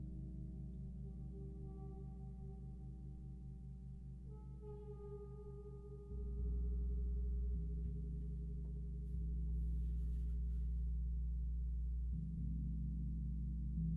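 Singing bowls and a gong resonate together in long, sustained tones. The first six seconds hold a steady low hum with a soft pulsing beat; then a louder, deeper gong swell enters and stays, shifting in pitch around eight, nine and twelve seconds, with faint bright shimmer near ten.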